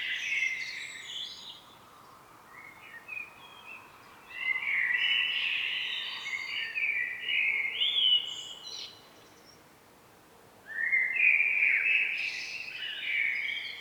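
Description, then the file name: Common blackbird song: a short opening phrase and softer notes, then a long rambling mid-pitched warble with high accents, a pause, and another warbling phrase near the end. "Turdus merula"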